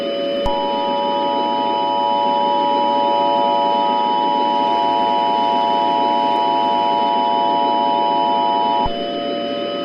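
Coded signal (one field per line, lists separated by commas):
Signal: Emergency Alert System (SAME) tones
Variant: 853 and 960 Hz attention tone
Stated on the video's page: Fictional EAS scenario of a cataclysmic Nibiru planetary impact at New Year.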